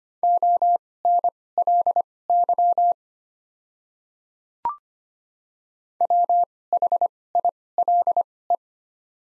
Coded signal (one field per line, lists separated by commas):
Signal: Morse code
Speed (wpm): 25 wpm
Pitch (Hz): 700 Hz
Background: none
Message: ONLY WHILE